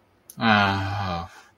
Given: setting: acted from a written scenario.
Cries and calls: vocal sound without words; shame

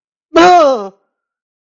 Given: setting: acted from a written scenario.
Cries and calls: vocal sound without words; negative surprise

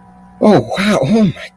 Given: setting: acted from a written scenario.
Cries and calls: vocal sound without words; elation

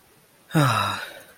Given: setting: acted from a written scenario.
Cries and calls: vocal sound without words; contempt

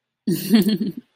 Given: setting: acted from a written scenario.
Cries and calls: vocal sound without words; romantic love

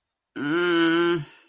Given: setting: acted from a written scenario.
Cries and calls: vocal sound without words; shame

